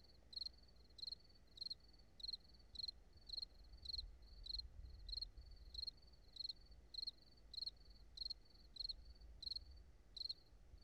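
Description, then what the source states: Cricket chirping: short, high, pulsed chirps repeated steadily over a faint low rumble. High desert.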